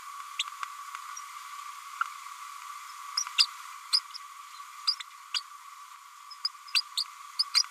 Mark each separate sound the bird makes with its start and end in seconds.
0.39-0.44, 3.17-3.24, 3.38-3.46, 3.92-4.00, 4.87-4.95, 5.00-5.03, 5.34-5.42, 6.74-6.81, 7.54-7.63